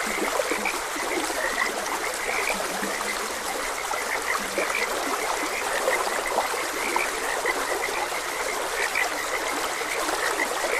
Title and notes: Gentle Stream and Frogs Croaking - Calming Sounds of Nature. Sleep and Relaxation Podcast